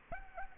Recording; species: mosquito wingbeat signal from an infrared sensor; Aedes aegypti